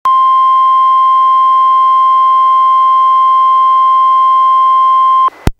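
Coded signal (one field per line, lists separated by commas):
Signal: Emergency Alert System (SAME) tones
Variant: 1050 Hz attention tone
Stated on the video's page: NOAA Weather Radio relay of Special Marine Warnings and a Tornado Warning, recorded directly from a Reecom R-1630 weather radio through a Zoom H1, including its warning alarm tone.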